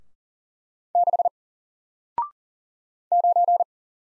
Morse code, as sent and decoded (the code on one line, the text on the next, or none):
-.... / ----.
6 9